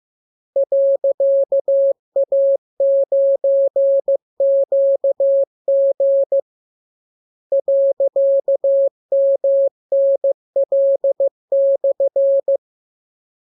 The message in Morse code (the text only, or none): .A9QG .MNL/